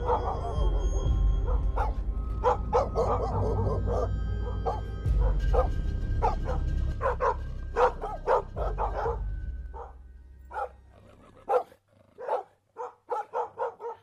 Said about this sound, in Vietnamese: Và đâu đó có tiếng chó tru lên từ xa vọng về. Tiếng chó ở trong làng cũng cắn nhấm nhặng.